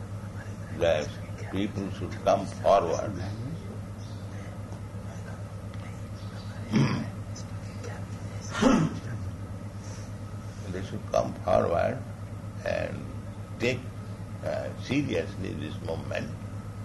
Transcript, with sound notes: that people should come forward. [whispering in background] They should come forward and take seriously this movement.